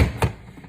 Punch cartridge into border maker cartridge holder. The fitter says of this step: you'll feel it as it goes in it will lock into place and you won't be able to move it any further